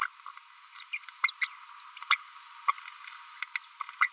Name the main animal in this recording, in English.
Green-rumped Parrotlet